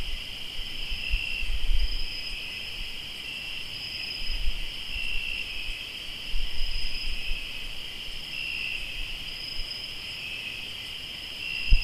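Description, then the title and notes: Cricket: continuous high trilling, steady for the whole stretch, with occasional low bumps and rumble beneath. Crickets in Tlayacapan, Morelos. "Sonidos de grillos en Tlayacapan - Morelos"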